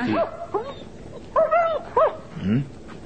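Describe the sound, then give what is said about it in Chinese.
A dog named Ricky whines and lets out a few short, yelping barks, its high, wavering cries coming in several separate bursts with brief pauses between them. “只狗好似傻傻地咁嘅，自己说玩喎。”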